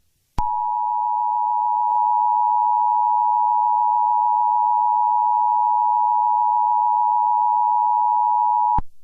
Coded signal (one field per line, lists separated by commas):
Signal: Emergency Alert System (SAME) tones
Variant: 853 and 960 Hz attention tone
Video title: EAS Scenario #3.3 - Wonder of U